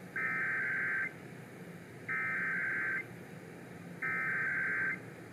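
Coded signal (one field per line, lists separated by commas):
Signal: Emergency Alert System (SAME) tones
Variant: header bursts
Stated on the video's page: Required monthly test received on 640 AM, the primary entry point originator station.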